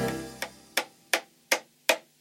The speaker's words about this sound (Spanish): ¿Sabes qué ruido es ese? ¡Martillo! ¡Sí! ¡Mi mamá está poniendo un clavo!